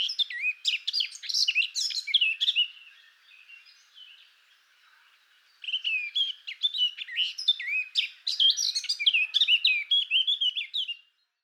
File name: Fauvette a tete noire